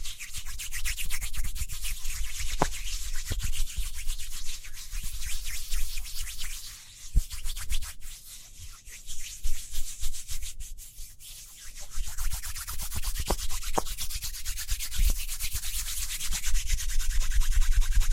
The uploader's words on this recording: ASMR Speedy Hand Sounds (No Talking).